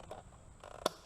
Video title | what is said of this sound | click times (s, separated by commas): Carbon Fiber gauge install guide | and you'll hear it click into place | 0.9 s